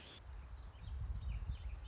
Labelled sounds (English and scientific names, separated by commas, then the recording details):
Warbling Vireo (Vireo gilvus)
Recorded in Sonoma County, California